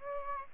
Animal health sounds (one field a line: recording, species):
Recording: mosquito wingbeat signal from an infrared sensor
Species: Aedes aegypti